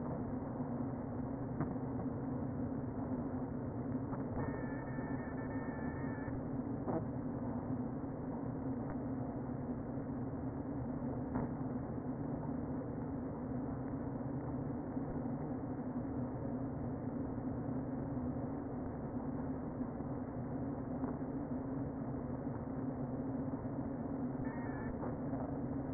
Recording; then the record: honeybee colony, microphone inside the hive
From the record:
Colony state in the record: queen present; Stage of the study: before two queens were removed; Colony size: about 60,000 bees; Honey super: yes